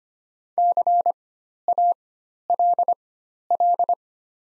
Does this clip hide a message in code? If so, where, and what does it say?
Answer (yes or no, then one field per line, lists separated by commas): yes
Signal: Morse code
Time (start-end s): 0.6-3.9 s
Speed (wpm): 25 wpm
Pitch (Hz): 700 Hz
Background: none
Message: CALL